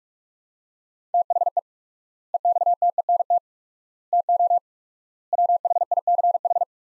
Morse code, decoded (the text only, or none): THE EXTENT TO WHICH